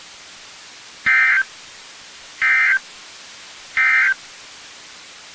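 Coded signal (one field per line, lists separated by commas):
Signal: Emergency Alert System (SAME) tones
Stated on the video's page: Four severe thunderstorm warning EAS alerts from NOAA weather radio station KIG86, Columbus, Ohio.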